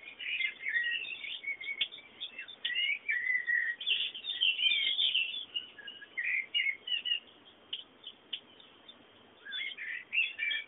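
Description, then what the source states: Birds calling in a dense chorus of fast high chirps, busiest in the middle, thinning out, then a short burst of twitters at the end. Background bird sounds.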